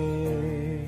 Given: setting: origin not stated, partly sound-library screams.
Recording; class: one-second piece from a danger detection set; normal situation